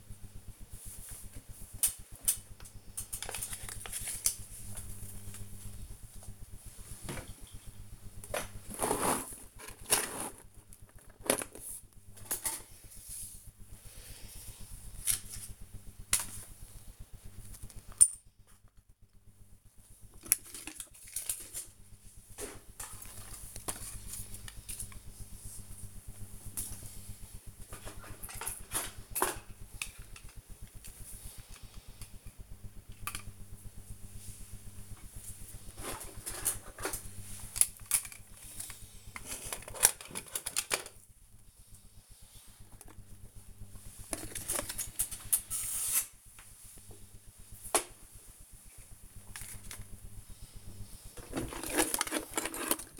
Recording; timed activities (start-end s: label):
household activities, microphone on the right wrist
0.00-43.07 s: sorting documents